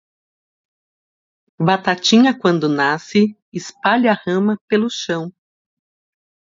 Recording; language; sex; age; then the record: short text; Brazilian Portuguese; female; 40 to 49 years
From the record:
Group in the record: control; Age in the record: 40 years